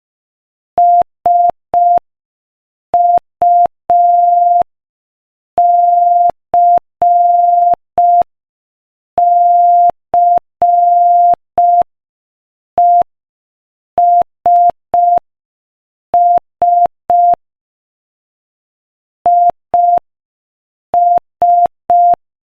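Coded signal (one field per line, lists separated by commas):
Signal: Morse code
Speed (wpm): 5 wpm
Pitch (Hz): 700 Hz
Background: none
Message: SUCCESS IS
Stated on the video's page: Morse code practice at 5 wpm.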